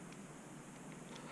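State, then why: Not seated. After the coin battery is replaced in a 2003-2012 Honda Accord key remote, the two plastic halves of the remote battery pack are handled to be pressed back together. Only a steady broadband hiss with a low hum is heard, with no distinct sharp sounds. Nothing has seated or clicked yet.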